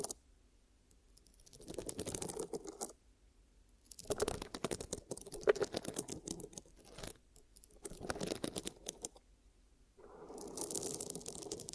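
Ear cupping triggers come in bursts of rustling, crinkly rubbing, each lasting one to three seconds with short silent gaps between. The bursts are dense with quick scratchy clicks and a soft low muffled hum; the last one, starting near ten seconds, sounds brighter and hissier.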